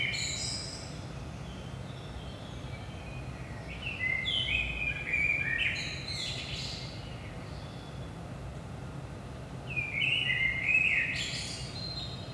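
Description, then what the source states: Common blackbird singing a few phrases of rich whistles closing in high scratchy twitters, over a steady low rumble. Blackbird singing early morning, 5 am, Saint-Gilles, Belgium; recorded with DPA 4060 microphones in AB position into a Zoom F3.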